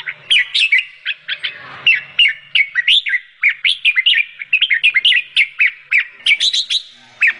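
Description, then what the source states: Sooty-headed bulbul song: a rapid run of bright chirped and slurred notes. Indonesian name kutilang; described as gacor, singing vigorously and continuously.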